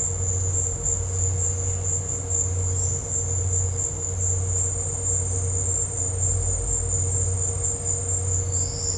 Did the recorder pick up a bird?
no